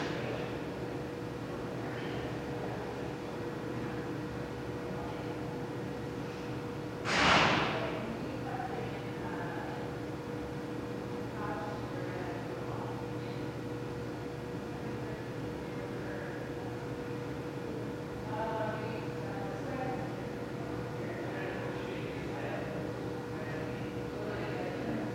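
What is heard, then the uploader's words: Indoor school hallway with a steady low hum and faint, intermittent chatter from voices. A sharp bang, like a door or locker, cuts in around seven seconds. Scattered murmurs come and go, picking up slightly near eighteen to twenty seconds. Int, School Hallway, Intermittent Chatter by Bandeto.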